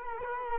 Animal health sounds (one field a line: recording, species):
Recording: mosquito wingbeat signal from an infrared sensor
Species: Culex quinquefasciatus